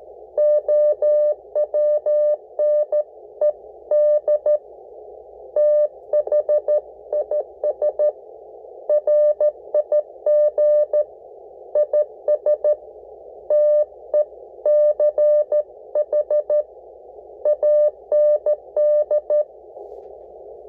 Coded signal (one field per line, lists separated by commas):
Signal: Morse code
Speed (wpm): 14 wpm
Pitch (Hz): 600 Hz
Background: none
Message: OWNED THIS RIG IS TECH AND